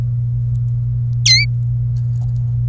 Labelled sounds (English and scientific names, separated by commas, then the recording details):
Domestic Canary (Serinus canaria) song
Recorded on 26 April 2018 at 18:17
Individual llb3